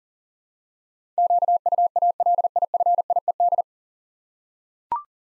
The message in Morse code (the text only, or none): QUALIFIED